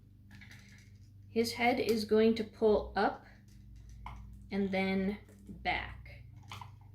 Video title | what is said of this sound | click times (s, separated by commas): Part 3: Bandai Toy Story Giant Gangreat King Robo Chogokin: Review & How to Transform | i don't know if you could hear the click there but there's an extra click right there | 6.5 s